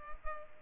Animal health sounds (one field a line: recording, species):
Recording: mosquito wingbeat signal from an infrared sensor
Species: Culex pipiens